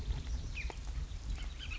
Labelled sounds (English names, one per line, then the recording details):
Bullock's Oriole
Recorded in Sonoma County, California